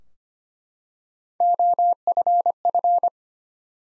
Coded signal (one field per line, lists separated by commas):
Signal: Morse code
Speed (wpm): 25 wpm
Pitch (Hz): 700 Hz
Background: none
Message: OFF